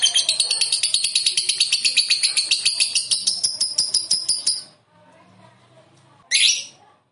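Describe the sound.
Lovebird trill: a long fast series of thin, shrill ticking notes, quiet for a moment, then one sharp chirp.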